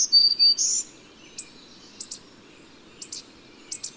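Bird singing: bright, high, steady whistles open the passage, followed by sparse, very high double chips spaced irregularly.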